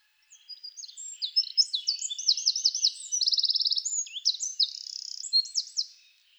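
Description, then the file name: Eurasian wren song, a six-second torrent of piercing high notes with a long, even machine-gun trill in the middle and shorter rattles near the end. "Troglodytes troglodytes"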